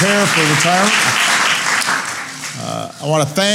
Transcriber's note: applause